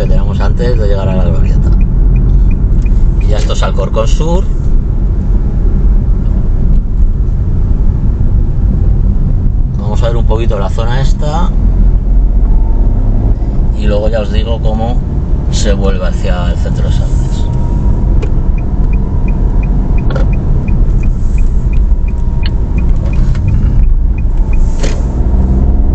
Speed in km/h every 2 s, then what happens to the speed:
36, 35, 31, 28, 22, 23, 31, 30, 33, 33, 31, 30, 37.
0-9 slows to 22. 9-12 speeds up to 31. 12-26 steady at about 31.